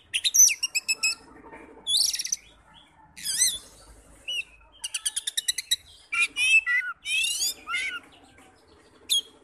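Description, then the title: Oriental magpie-robin song of loud, varied phrases: clear upslurred whistles, fast rattling trills and twisting notes, delivered in quick bursts with brief gaps. "Kacer"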